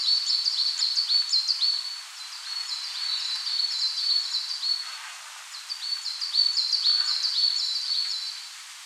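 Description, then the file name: Coal tit singing high, bright repeated note pairs in strings of several, with short gaps between bursts and faint background hiss. "Parus ater"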